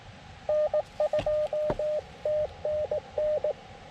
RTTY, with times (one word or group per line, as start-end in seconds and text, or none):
none